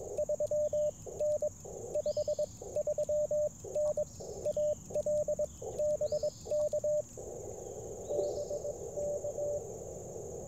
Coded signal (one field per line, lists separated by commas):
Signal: Morse code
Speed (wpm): 21 wpm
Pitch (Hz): 590 Hz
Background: none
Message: 3N 53N AL BK BK